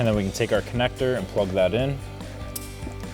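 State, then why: Seated. A wiring harness connector is plugged onto an ignition coil pack, one of an 8-piece performance ignition coil set on a 2008-2023 V8 HEMI Challenger, and pressed down. Someone talks over background music, then a sharp, short click is heard at 2.6 s as the connector seats. The red locking tab is then pressed down into place.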